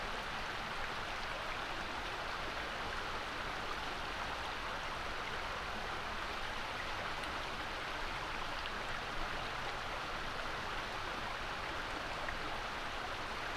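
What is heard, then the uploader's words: A moorland stream rushes steadily above a gorge, its water making a dense, even hiss that sits mostly in the middle and upper range. The flow stays constant throughout, with no distinct splashes or pauses. Dartmoor stream above waterfall gorge. Below a stone circle high on Dartmoor called the Nine Maidens, there's a stream. It enters an area of dense forest.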